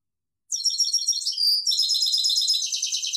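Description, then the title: European goldfinch song: a continuous rapid twitter of high, liquid and slightly buzzy notes running for nearly three seconds. "Chant Chardonneret"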